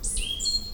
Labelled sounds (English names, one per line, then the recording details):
Stitchbird song
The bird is a male
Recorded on Tiritiri Matangi Island, New Zealand, in 2005
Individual 17, of nest box 25